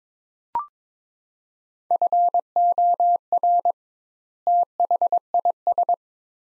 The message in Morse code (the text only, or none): FOR THIS